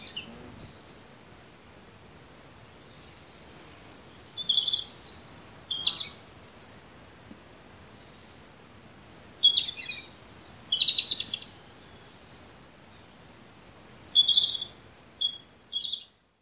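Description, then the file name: European robin song: high, thin, tinkling phrases of varied notes and quick slides, delivered in short bursts separated by pauses. "Erithacus rubecula"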